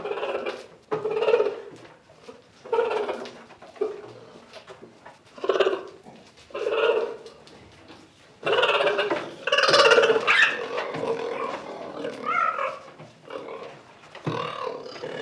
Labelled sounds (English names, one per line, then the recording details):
Cheetah
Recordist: Tembrock, Günter